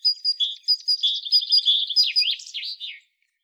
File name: Parus major